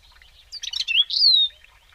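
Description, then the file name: European robin singing a quick jumble of high twittering notes that runs into a long, pure whistle gliding gently downward. "Erithacus rubecula"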